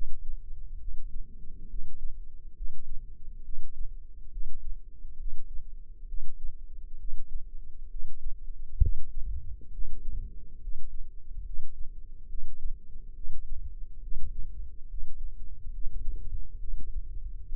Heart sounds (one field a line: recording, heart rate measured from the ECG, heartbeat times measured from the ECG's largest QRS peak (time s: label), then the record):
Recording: heart sounds by microphone in the left ear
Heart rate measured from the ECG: 68 bpm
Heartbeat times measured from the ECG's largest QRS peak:
0.78 s: heartbeat
1.68 s: heartbeat
2.55 s: heartbeat
3.43 s: heartbeat
4.30 s: heartbeat
5.17 s: heartbeat
6.07 s: heartbeat
6.98 s: heartbeat
7.89 s: heartbeat
8.80 s: heartbeat
9.71 s: heartbeat
10.60 s: heartbeat
11.43 s: heartbeat
12.28 s: heartbeat
13.14 s: heartbeat
14.01 s: heartbeat
14.88 s: heartbeat
15.71 s: heartbeat
16.58 s: heartbeat
17.47 s: heartbeat
From the record:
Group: healthy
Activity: rest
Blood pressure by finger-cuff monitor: 126/78 mmHg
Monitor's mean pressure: 96 mmHg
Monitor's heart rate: 68 bpm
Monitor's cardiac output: 5.5 L/min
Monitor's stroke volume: 81 mL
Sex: male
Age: 35 years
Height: 178 cm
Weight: 64 kg